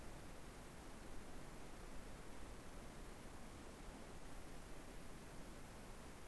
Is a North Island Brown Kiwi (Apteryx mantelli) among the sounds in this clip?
no